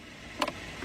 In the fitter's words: It'll snap right into place.